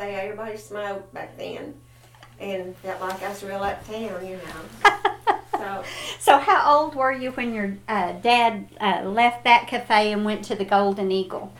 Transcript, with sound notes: Everybody smoked back then. And felt like I was real uptown, you know. (Laughter) So--
So how old were you when your dad left that café and went to the Golden Eagle?